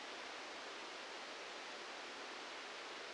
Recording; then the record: brain microelectrode recording played as sound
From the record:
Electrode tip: outside the subthalamic nucleus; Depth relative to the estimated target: 3 mm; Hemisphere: right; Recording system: NeuroSet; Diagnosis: Parkinson's disease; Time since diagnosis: 13 years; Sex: male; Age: 65 years